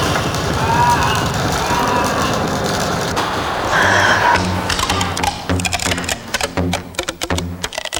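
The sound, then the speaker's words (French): Vacuum cleaners are played like instruments: a loud, droning motor whine with shifting tones gives way to a rhythmic pattern of clicks and pulsing low notes. “Moi, je fais chanter les aspirateurs.”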